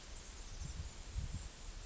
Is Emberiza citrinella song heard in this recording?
no